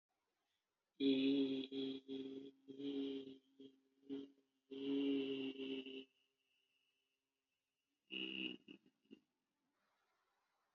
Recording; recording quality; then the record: sustained vowel as in beet; excellent, no background noise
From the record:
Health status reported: exposed to COVID-19, no respiratory illness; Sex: male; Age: 42 years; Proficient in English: yes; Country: India